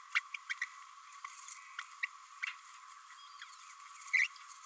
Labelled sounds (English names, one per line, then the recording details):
Green-rumped Parrotlet babbling
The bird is a female
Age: 27 days
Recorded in a nest box in Venezuela
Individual 17B32A5